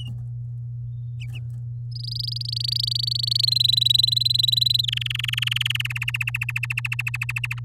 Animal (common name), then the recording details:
Domestic Canary. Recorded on 11 May 2018 at 10:22. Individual llb16